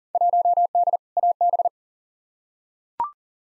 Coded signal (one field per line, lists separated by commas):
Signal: Morse code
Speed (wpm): 40 wpm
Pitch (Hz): 700 Hz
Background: none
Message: 1D AB